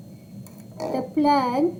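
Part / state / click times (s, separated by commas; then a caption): nail drill hand piece into the side holder of the base unit / seated / 0.5 s. A nail drill hand piece is popped into the side holder of a gel kit's base unit and slid up until it clicks into place with a sharp tick at 0.5 s. Someone talks right after, and the hand piece is seated.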